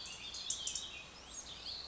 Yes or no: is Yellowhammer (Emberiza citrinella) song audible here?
no